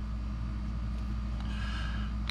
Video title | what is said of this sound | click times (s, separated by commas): How to replace a 2018 Chevrolet Traverse 4 Button Smart Key Battery Replacement | and you notice how it wants to line up, and just start slowly squeezing it, and you will hear it snap together. | 2.3 s